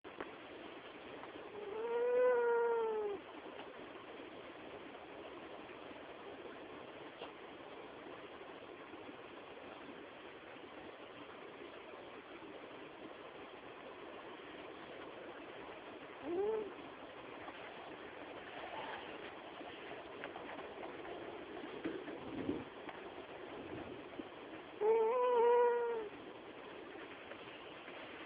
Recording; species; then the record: mosquito flight sound by mobile phone; Anopheles gambiae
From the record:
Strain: Kisumu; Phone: Samsung T209